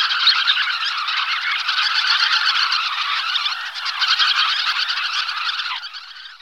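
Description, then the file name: Sanderling calls, a dense continuous chatter of many short high twittering notes overlapping throughout, easing slightly near the end. "jespák-písečný"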